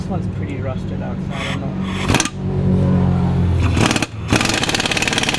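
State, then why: Stripped. While a VG30 engine is being pulled from a 300ZX, a wrench is worked on a rusted steel bolt in the engine mount/bellhousing as someone talks. Sharp metallic hits ring out at 3.9, 4.4, 4.8, 5.0, 5.1 and 5.2 seconds as the tool slips on the bolt head. The bolt head is left completely stripped and the bolt cannot be taken out.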